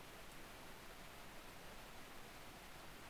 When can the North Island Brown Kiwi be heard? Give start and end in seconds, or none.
none